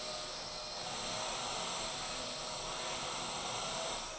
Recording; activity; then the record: daily activity, microphone in the room; vacuum cleaning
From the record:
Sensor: 5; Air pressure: 999.4 hPa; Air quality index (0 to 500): 226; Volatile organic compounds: 23 ppm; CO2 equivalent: 2768 ppm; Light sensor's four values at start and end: 34/79/32/30 and 34/79/32/30